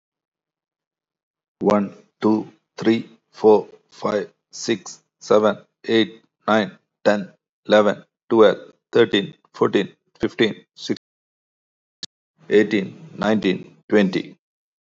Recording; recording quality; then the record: counting at a normal pace; excellent, no background noise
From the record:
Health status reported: healthy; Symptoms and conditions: none ticked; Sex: male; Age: 43 years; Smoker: not ticked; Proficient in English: yes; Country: India